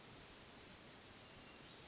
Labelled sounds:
Chestnut-backed Chickadee (Poecile rufescens)
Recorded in Sonoma County, California

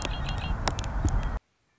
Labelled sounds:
Red-winged Blackbird (Agelaius phoeniceus)
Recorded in Sonoma County, California

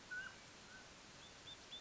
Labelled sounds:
Mountain Quail (Oreortyx pictus)
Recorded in Sonoma County, California

